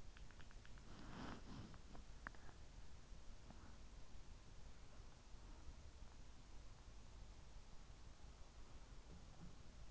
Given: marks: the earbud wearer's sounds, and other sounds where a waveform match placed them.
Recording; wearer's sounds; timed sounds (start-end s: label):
sounds in sleep by an in-ear microphone; body movement, breath
0.00-4.68 s: body movement
1.12-4.12 s: breath